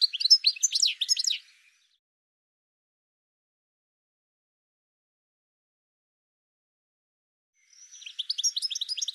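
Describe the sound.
Bird song: a rapid high twittering phrase at the start, a long silence, then another burst of quick chirps at the end.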